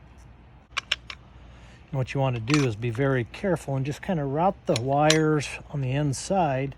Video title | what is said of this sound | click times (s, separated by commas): HOW TO install the latch.it RV Keyless Entry Door Lock | and you'll hear it snap when it's together. | 0.8 s, 0.9 s